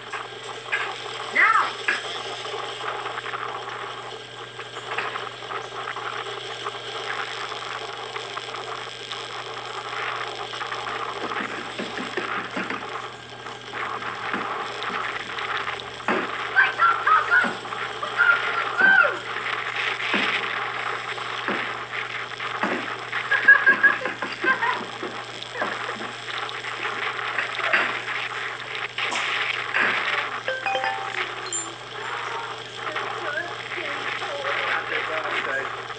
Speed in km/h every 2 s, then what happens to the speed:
29, 29, 29, 30, 31, 32, 31, 32, 36, 39, 37, 35, 35, 35, 35, 36, 35, 34.
0-13 steady at about 30. 13-17 speeds up to 39. 17-36 steady at about 35.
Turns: none.